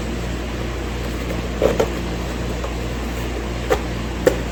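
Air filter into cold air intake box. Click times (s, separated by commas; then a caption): 4.3 s. A new cone air filter is slid into the perforated opening of a new AFE Power cold air intake box for a 2014-2019 C7 Corvette and pushed until it pops in. Over a steady low hum, a few soft knocks come near 1.7, 1.8 and 3.7 seconds, then a sharp, loud pop at 4.3 seconds. The filter is seated in place.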